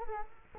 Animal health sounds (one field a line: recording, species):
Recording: mosquito wingbeat signal from an infrared sensor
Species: Culex quinquefasciatus